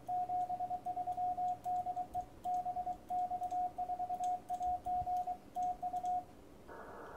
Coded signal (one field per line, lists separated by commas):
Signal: Morse code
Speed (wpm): 25 wpm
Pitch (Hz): 720 Hz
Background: radio noise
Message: 73 DE BX4AG TU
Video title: 2015/06/24 6M open to EU S59A UX0FF LZ2WO YO3BL UT7QF LZ2DF de BX4AG